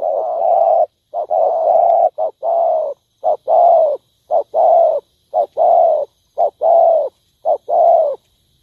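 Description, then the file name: Spotted dove coos, soft hollow notes grouped as a quick short note followed by a longer drawn one, repeated about once a second. Cooing (Vietnamese: gáy). "tieng cu dat gay"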